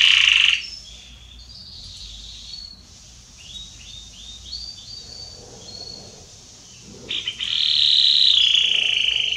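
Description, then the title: Canary singing: a brief loud trill, a quiet stretch of soft twittering notes, then another strong trill that runs to the end. Red Belgian canary singing. "Canário Belga Vermelho Cantando"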